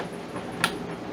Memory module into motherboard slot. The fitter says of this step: have two here click one click to